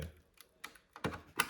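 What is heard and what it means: A memory module is pressed down into a motherboard DIMM slot, with faint plastic ticks and scrapes before a sharp click at 1.4 s as one retention latch clicks and flips up. The other side is still up, so the stick is only partly seated.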